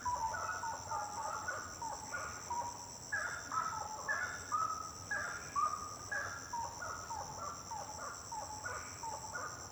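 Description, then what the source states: Birds singing at night: many short, bright notes in overlapping bursts over a steady high drone. Birds singing at night; intense song.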